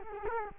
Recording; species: mosquito wingbeat signal from an infrared sensor; Culex quinquefasciatus